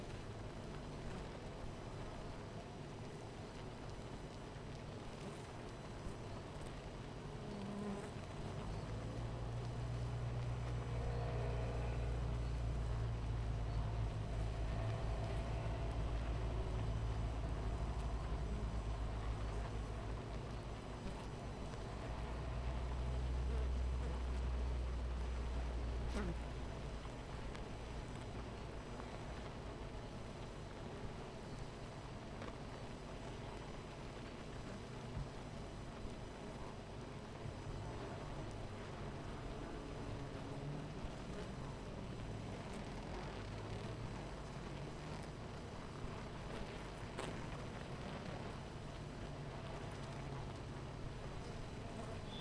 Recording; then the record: honeybee colony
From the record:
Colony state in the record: missing queen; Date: 14 July 2017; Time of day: 9:40